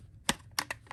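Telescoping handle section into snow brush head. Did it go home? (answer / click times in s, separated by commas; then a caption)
no / none. The blue telescoping handle section of a plastic JoyTutus snow brush is being pushed into the brush head, where it should snap up through the oval cutout and lock. Four short, sharp handling clicks are heard at about 0.3, 0.6, 0.7 and 0.9 seconds over a quiet background. The clip ends before the part goes home, and nothing has seated yet.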